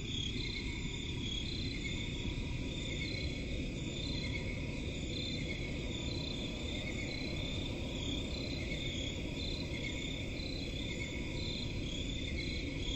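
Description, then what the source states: Crickets chirp continuously in several high, pulsing layers, with a heavy low rumbling noise underneath throughout. Crickets in a forest at night; presented as relaxing ambience.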